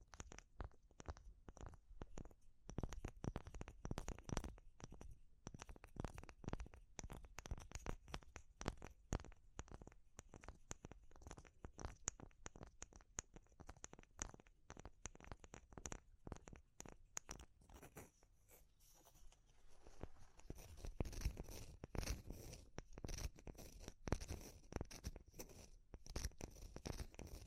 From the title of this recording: Natural Triggers Wood, Bamboo and Straw